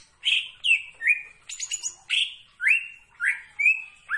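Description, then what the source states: Greater green leafbird giving a rapid series of bright slurred whistles, about two per second, mixed with higher squeaky chips. Singing actively.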